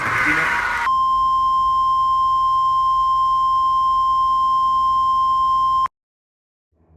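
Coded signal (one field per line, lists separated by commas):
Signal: Emergency Alert System (SAME) tones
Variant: 1050 Hz attention tone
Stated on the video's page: Fictional EAS scenario, simulated.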